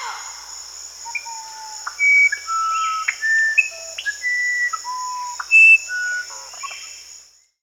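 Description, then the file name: Musician wren song: a run of pure, flute-like whistled notes jumping between low and high pitches, a few short clicky notes between, over a steady high insect drone. Peru. "Musician Wren (Cyphorhinus aradus), Peru"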